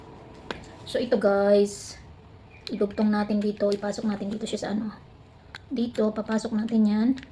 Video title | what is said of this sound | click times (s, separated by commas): Chest mount camera holder #video | Tapos isuksok natin dito. Ilagay natin. Ayan, nag-lock na siya. | 0.5 s